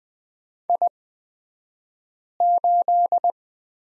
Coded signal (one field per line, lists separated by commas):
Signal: Morse code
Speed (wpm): 20 wpm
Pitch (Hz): 700 Hz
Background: none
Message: I8